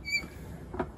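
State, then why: Not seated. A garden hose is pulled out of a Hozelock Auto Reel 30m automatic retracting reel and let go. A high squeak rings near the start, followed by a short louder burst around 0.8 s. The locking ratchet brake on the reel drum has not clicked or caught, so the brake fails to lock and the hose keeps retracting.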